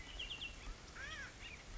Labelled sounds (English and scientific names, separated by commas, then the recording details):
Acorn Woodpecker (Melanerpes formicivorus)
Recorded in Sonoma County, California